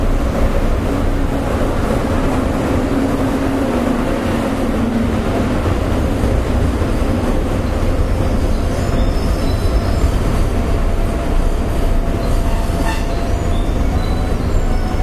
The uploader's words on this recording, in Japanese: JR201系電車 環状線内回り 大阪から天王寺まで。JR201系電車の走行音です。環状線 内回り列車にて収録。